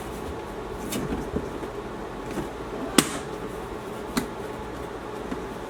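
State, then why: Seated. A plastic panel corner is pressed into the frame of a plastic shoe container, and it clicks home sharply at 3.0 s. Softer taps follow, and the panel corner is seated.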